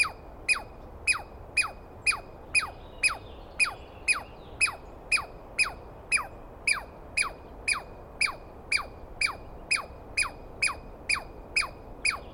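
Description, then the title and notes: Douglas squirrel calling: a long regular run of piercing notes that fall sharply, two each second, continuing without pause over faint hiss. Wild squirrel recorded at dawn on 21 April 2017 in the East Cascades, screaming persistently at the recordist; identified by sound, not clearly seen. "On the morning of 21 April, 2017, I set up my microphones and recorder for a nice dawn recording in the East Cascades. I was started awake by a screaming Douglas Pine Squirrel"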